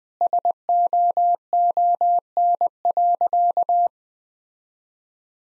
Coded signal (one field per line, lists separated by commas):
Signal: Morse code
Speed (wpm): 20 wpm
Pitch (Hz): 700 Hz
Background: none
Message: SOON.